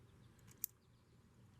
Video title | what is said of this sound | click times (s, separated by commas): B8 Audi Broken Transmission Electrical Connector FIXED | should hear a small click | 0.6 s